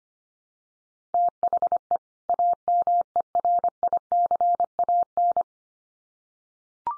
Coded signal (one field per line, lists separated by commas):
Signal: Morse code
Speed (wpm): 25 wpm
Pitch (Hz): 700 Hz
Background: none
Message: THE AMERICAN